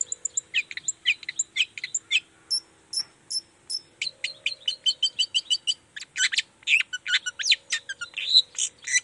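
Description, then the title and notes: Long-tailed shrike song, a long fast stream of high clicks, chips and squeaky notes, varied and almost unbroken, above a faint steady hum. Long-tailed shrike in full song (gacor) in the morning, singing the 'toet toet' variation; said to prompt other shrikes to answer. "Cendet Gacor Dor Di Kala Pagi Toet Toet Variasi Suara. Cendet Gacor Pagi Hari Biangnya Bikin Cendet Manapun Langsung On Nyaut Buka Materi. Burung cendet"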